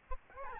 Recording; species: mosquito wingbeat signal from an infrared sensor; Aedes albopictus